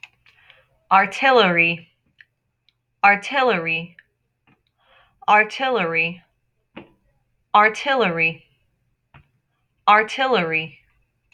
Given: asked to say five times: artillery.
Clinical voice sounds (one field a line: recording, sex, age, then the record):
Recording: repeated word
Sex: female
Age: 20 to 29 years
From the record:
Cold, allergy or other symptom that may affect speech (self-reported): no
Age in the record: 27 years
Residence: Texas, United States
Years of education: 14